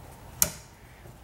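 A plastic wear pad is pressed onto a shift fork from the T5 manual transmission of a 1994 Firebird, after an earlier try gave no click. One sharp click is heard at 0.4 s over a quiet background, and the pad is seated.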